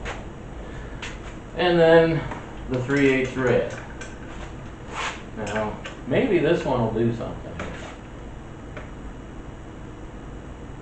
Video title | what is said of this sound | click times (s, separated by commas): Is 25+ year old loctite any good? | no that one broke loose did not click the torque wrench it is very it is tight | none